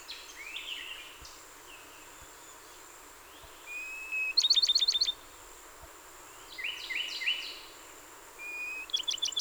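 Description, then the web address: Bachman's sparrow singing: buzzy slurred phrases and whistled notes, each song ending in a fast, sharp high trill, heard twice, the second cut off at the end. Recorded 30 April 2019; the recording holds 27 songs. "soundrecordings 2019-04-30 Bachmans Sparrow-27 Songs"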